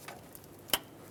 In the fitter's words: there we go press it down till it clicks there was this little one